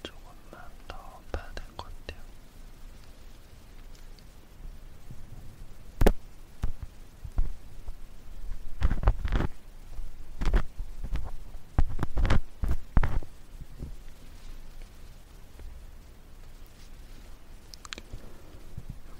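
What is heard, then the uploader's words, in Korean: Ear cleaning with a fluffy ear pick: soft scratchy rustles and sharp crackling taps against a quiet, faintly rumbling background. The taps come irregularly, bunching into a busier stretch between about 9 and 13 seconds, then thin out again. 솜털귀이개로 귀청소.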